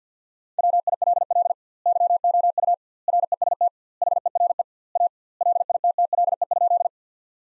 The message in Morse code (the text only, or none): WILL YOU REST HERE A LITTLE?